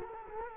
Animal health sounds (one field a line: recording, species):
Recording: mosquito wingbeat signal from an infrared sensor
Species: Culex quinquefasciatus